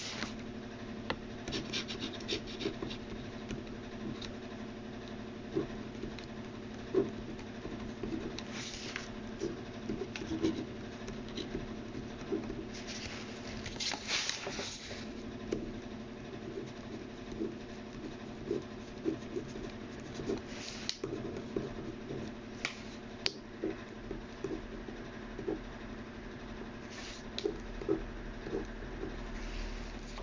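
Someone copying out text by hand, with small scratching and rubbing sounds scattered irregularly across the thirty seconds and brief brighter bursts near 9, 14 and 23 seconds. A steady low hum continues underneath throughout.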